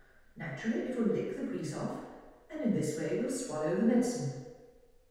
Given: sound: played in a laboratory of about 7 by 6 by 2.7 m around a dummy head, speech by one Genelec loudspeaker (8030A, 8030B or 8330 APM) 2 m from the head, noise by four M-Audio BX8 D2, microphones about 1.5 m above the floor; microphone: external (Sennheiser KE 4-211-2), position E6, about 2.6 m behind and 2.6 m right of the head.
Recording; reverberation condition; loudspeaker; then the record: female speech in English; high; 90 degrees to the left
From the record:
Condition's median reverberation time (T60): about 1300 ms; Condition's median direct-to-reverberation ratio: about -4.0 dB